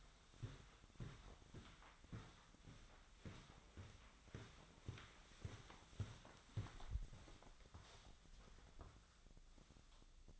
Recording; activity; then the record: daily activity, microphone in the room; walk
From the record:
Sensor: 3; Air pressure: 1009.3 hPa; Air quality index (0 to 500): 193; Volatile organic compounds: 4 ppm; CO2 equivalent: 1558 ppm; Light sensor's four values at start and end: 58/149/66/69 and 58/150/66/69